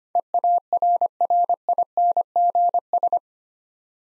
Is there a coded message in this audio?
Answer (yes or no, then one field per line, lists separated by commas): yes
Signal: Morse code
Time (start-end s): 0.2-3.2 s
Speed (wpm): 25 wpm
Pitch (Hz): 700 Hz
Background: none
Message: EARRINGS